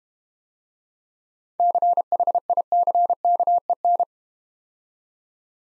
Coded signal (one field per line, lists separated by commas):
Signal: Morse code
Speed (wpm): 32 wpm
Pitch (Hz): 700 Hz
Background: none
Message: CHICKEN